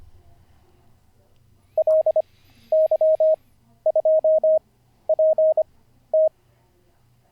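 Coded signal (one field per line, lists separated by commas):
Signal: Morse code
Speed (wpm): 25 wpm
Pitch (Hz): 620 Hz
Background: none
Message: LY2PT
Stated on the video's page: Live-streamed daily CW learning practice session.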